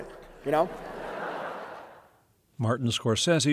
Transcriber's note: soundbite of laughter